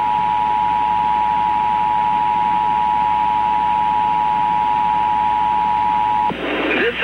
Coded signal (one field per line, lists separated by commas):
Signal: Emergency Alert System (SAME) tones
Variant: 853 and 960 Hz attention tone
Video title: EAS Mock - The 2011 Test